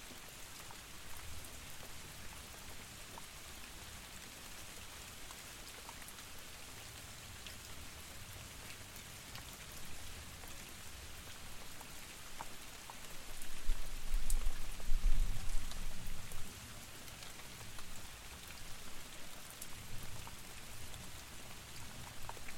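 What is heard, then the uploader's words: Steady rain falls in a garden, a dense, even hiss with fine drops pattering. Around the middle the downpour swells louder for a few seconds, with a low rumble underneath, then settles back to its constant fall. The mesmerising sound of steady rain in the garden. Rain streaks down, steady and hypnotic. Recorded by Maria Hodson.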